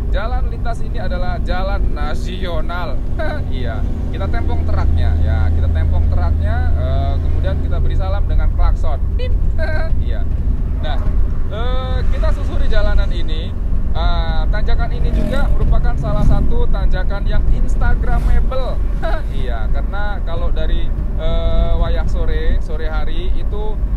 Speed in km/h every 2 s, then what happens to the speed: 36, 39, 41, 42, 39, 41, 44, 46, 47, 47, 47, 47.
0-15 speeds up to 47. 15-24 steady at about 47.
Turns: none.